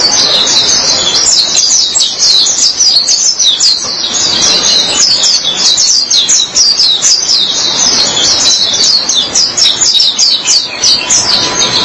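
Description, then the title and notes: White-eye twittering song, a rapid unbroken run of sharp, high chirps that carries on for the whole stretch. "Suara kicauan burung pleci"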